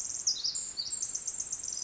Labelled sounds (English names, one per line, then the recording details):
Pacific Wren
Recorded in Sonoma County, California